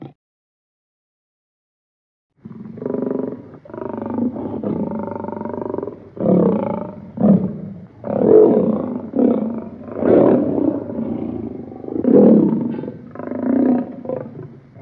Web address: lion roars